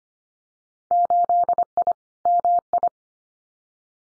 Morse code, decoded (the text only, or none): 8I MI